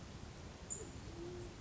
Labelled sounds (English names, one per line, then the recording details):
Band-tailed Pigeon
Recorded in Sonoma County, California